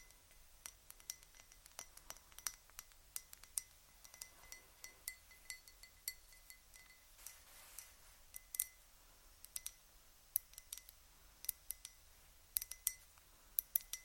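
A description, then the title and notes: Fingernails tap on assorted hard objects in quick, irregular bursts, each tap a sharp, bright click with a thin ringing tone. Clusters of rapid taps alternate with brief pauses throughout, heard over a quiet, faint low hum. ASMR Tapping On Random Objects. (Long Nails).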